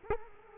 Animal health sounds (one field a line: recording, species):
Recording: mosquito wingbeat signal from an infrared sensor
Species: Culex quinquefasciatus